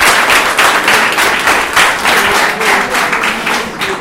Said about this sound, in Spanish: Un fuerte aplauso, ¿cómo no?